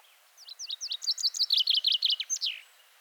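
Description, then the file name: Common chaffinch song, a cheerful cascade of repeated downslurred notes that grows louder and tighter, closing with a slurred terminal phrase. "Fringilla coelebs"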